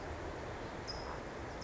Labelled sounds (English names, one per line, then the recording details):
California Towhee
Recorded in Sonoma County, California